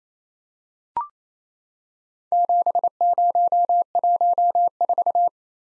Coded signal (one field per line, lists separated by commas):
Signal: Morse code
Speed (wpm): 28 wpm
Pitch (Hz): 700 Hz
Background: none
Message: 7014